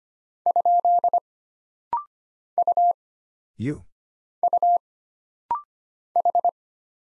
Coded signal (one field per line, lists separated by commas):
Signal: Morse code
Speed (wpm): 25 wpm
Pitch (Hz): 700 Hz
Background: none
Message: ? U U H